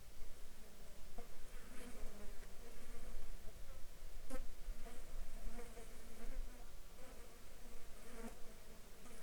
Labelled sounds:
insects
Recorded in the Arctic National Wildlife Refuge, Alaska, on 26 June 2021 at 14:44
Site 42

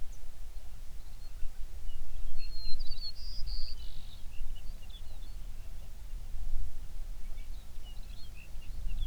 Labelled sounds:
songbird
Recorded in the Prudhoe Bay oil fields, Alaska, on 11 June 2019 at 05:14
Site 21

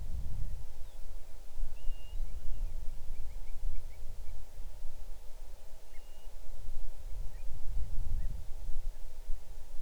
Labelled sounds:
bird
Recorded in the Arctic National Wildlife Refuge, Alaska, on 6 July 2019 at 00:33
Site 39

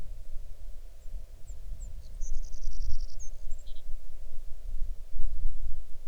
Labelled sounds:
songbird
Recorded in the Arctic National Wildlife Refuge, Alaska, on 6 July 2019 at 01:02
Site 39

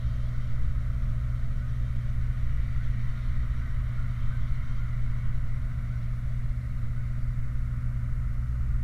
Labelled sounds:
machinery, flare stack
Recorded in the Prudhoe Bay oil fields, Alaska, on 28 July 2019 at 23:42
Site 29

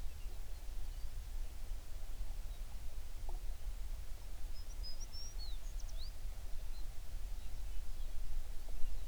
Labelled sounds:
songbird
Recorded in the Prudhoe Bay oil fields, Alaska, on 11 June 2019 at 04:38
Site 21

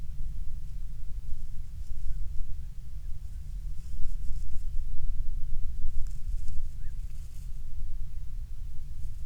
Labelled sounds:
bird
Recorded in the Prudhoe Bay oil fields, Alaska, on 12 July 2019 at 03:03
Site 16

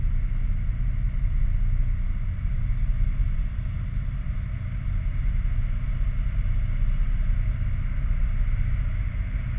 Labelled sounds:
machinery, flare stack
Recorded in the Prudhoe Bay oil fields, Alaska, on 11 August 2019 at 22:09
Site 29

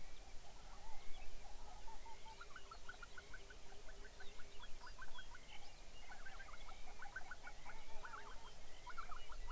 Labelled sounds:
songbird, waterfowl, shorebird
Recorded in the Arctic National Wildlife Refuge, Alaska, on 23 May 2019 at 06:12
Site 49

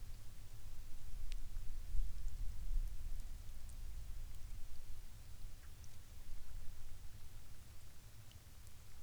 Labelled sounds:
rain
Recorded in the Prudhoe Bay oil fields, Alaska, on 11 May 2019 at 16:57
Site 21

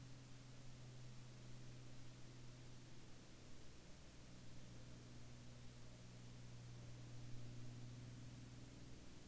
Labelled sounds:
aircraft
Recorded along the Dempster Highway, Canada, on 15 April 2019 at 17:44
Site 22

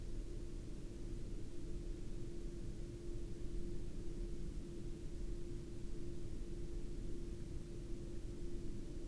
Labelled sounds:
aircraft
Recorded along the Dalton Highway, Alaska, on 24 October 2019 at 04:03
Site 07

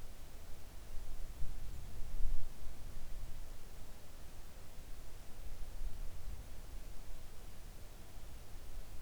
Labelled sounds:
near silence
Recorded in the Arctic National Wildlife Refuge, Alaska, on 3 August 2019 at 05:39
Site 41

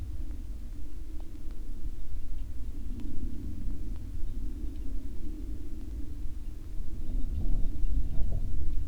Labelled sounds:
wind, rain, aircraft
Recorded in the Arctic National Wildlife Refuge, Alaska, on 21 July 2019 at 12:51
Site 41

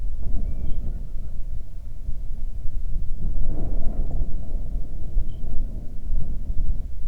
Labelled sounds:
bird, wind
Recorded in the Prudhoe Bay oil fields, Alaska, on 31 July 2019 at 07:34
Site 24

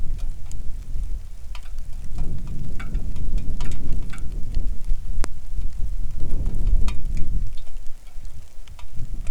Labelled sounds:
wind, rain
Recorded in the Arctic National Wildlife Refuge, Alaska, on 3 August 2019 at 10:10
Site 41

